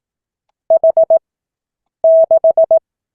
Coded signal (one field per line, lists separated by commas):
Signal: Morse code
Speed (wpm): 18 wpm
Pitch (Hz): 650 Hz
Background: none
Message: H 6